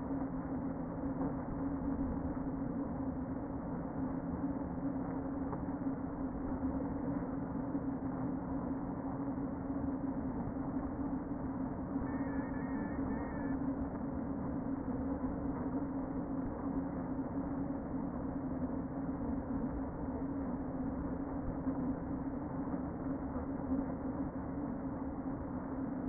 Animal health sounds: honeybee colony, microphone inside the hive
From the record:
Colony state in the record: queen present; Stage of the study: before two queens were removed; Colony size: about 60,000 bees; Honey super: yes

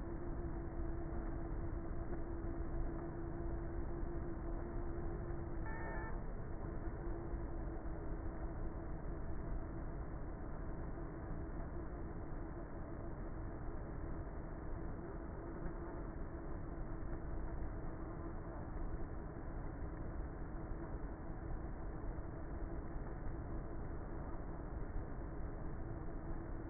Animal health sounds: honeybee colony, microphone inside the hive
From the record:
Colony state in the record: queenless with a low population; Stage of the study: before two queens were removed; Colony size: about 30,000 bees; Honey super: no

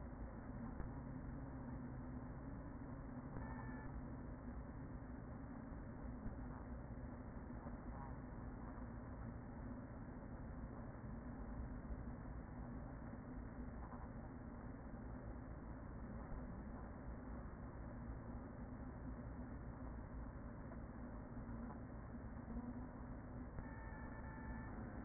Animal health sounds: honeybee colony, microphone inside the hive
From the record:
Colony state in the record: queen present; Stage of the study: after two queens were removed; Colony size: about 40,000 bees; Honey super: no

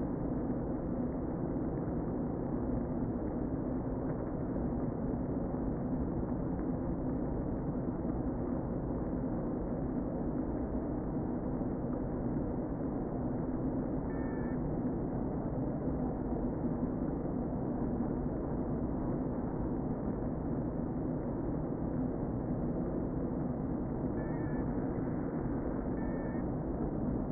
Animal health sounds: honeybee colony, microphone inside the hive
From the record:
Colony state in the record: queen present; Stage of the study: before two queens were removed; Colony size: about 60,000 bees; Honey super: yes

